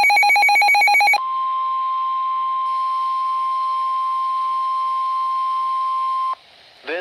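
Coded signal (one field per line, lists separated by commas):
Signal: Emergency Alert System (SAME) tones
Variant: 1050 Hz attention tone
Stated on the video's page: Real flood warning issued by the LWX weather office, recorded by someone else.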